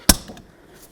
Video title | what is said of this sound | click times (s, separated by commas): How To Replace Front Driver Side Seat Switch 2007-2017 Ford Expedition | just going to press right in listen for a click | 0.1 s